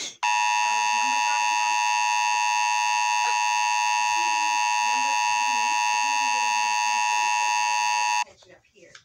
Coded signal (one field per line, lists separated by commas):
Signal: Emergency Alert System (SAME) tones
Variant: 853 and 960 Hz attention tone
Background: speech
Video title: Eas winter storm warning